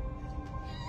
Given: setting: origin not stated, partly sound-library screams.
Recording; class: one-second piece from a danger detection set; woman in danger